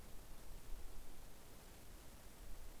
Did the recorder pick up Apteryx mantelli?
no